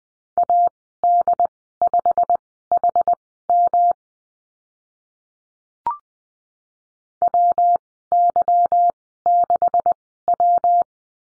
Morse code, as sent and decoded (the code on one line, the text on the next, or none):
.- -.. ..... .... -- / .-- -.-- -.... .--
AD5HM WY6W